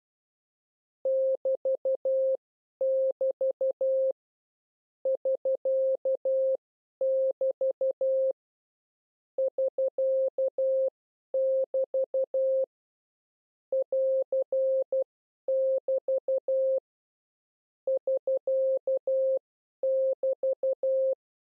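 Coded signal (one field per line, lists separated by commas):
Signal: Morse code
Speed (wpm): 12 wpm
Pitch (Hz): 530 Hz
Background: none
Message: <BT><BT> <SK><BT> <SK><BT> <AR><BT> <SK><BT>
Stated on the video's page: CW learning lesson on the prosigns AR, SK and BT.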